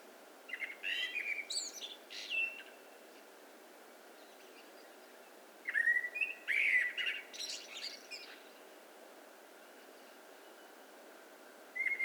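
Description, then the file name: Eurasian blackbird, song phrases of clear fluty whistles ending in high squeaky twitters, repeated after a pause of a few seconds, with another phrase beginning at the close; steady hiss behind. "Turdus merula"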